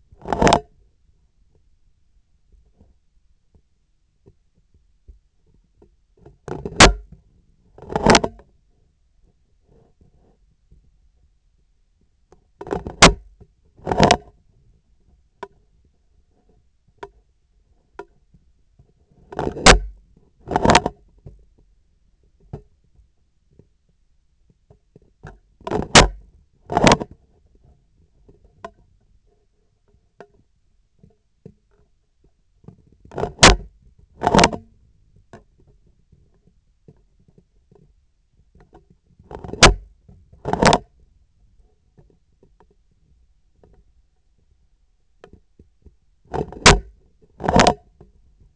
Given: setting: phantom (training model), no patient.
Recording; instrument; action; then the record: laparoscopic instrument, vibration sensor on the handle end; scissors; opening and closing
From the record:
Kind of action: tool actuation without material contact